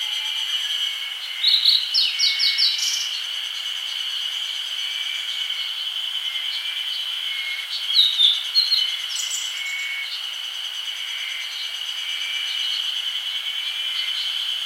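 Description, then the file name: Grey bunting giving two bursts of thin, high chirping notes, the first near two seconds and the second near eight seconds, over a steady, shrill insect drone. "Emberiza variabilis"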